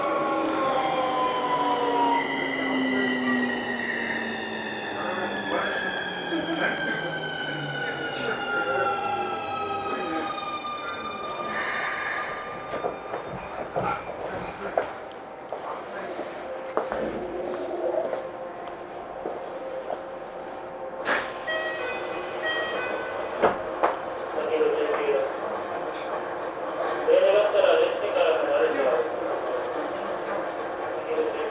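Riding a Keikyu New 1000 series aluminum train between Yokohama and Misakiguchi. For ten seconds the motor whine glides downward as the train slows, then a steady low rumble with scattered clicks and knocks. Near 21 seconds a thin high tone enters and holds.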